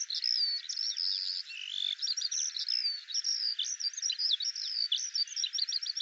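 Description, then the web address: Eurasian skylark song of rapid, varied chirps and drawn-out whistles pouring out continuously, rising and dipping in quick succession. "Deverinetal 2025 File cleaned normalized Bird Al Ar"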